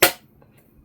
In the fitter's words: Alright, so you just line it up again, very nice, easy to use, and it just slots it in place with a nice click.